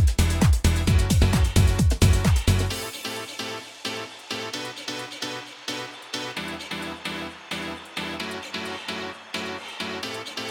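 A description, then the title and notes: Beat-driven music opens with heavy booming bass drops that cut out near three seconds, leaving lighter, steady rhythmic hits and chords. UnEdited, raw, literally while my house was sleeping this morning.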